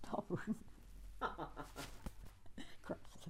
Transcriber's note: laughs